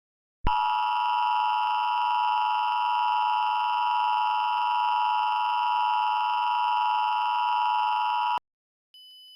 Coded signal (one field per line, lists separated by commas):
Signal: Emergency Alert System (SAME) tones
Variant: 853 and 960 Hz attention tone